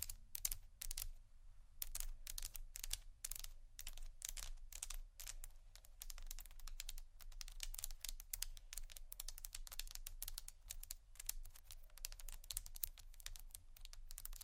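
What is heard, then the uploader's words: Fingers tap and scratch on bags in quick, dense bursts of sharp, bright clicks, much like rapid typing. The tapping runs almost without pause for the whole stretch, with brief gaps near the start, over a steady low hum underneath. ASMR Tappingscratching Galore 4 Bags (No Talking).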